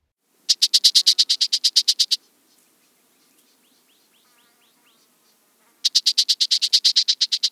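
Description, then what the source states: Black-tailed gnatcatcher: two fast runs of many sharp, evenly spaced high notes, with fainter soft notes in the quiet gap between. Call note and song.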